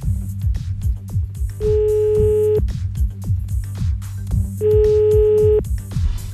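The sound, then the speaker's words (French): Two steady, buzzy telephone ringing tones, each about a second long with a pause between, sound as a call is redialed, over a continuous low hum and a rapid stream of soft rhythmic thumps. “Bon, on rappelle encore une fois.”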